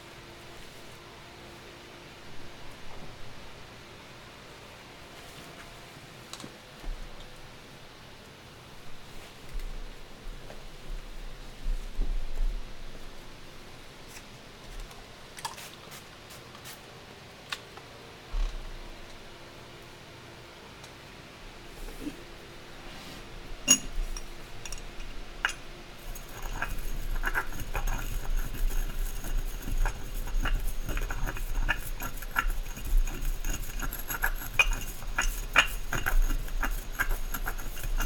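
Candle dressing with soft shuffling and scattered clicks and taps, growing busier and louder after about 26 seconds with dense rustling and scraping.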